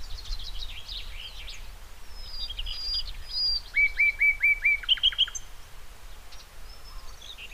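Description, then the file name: Common nightingale song: a run of five clear rising whistled notes, then three quick higher notes, with scattered chirps before and after. "Luscinia megarhynchos"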